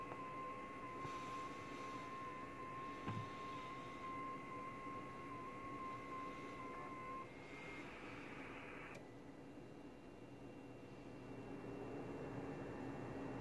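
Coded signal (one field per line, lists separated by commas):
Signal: FT8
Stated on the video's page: FT8 signal on 40m, worked from a station using an IC-7600, SPE Expert 1.3K-FA amplifier and a 40m dipole.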